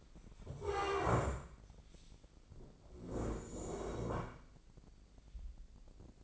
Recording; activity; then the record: daily activity, microphone in the room; stand up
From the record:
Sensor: 5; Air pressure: 1012.4 hPa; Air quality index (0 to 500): 155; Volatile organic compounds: 2 ppm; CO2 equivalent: 1061 ppm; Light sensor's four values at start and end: 253/606/258/283 and 255/612/260/286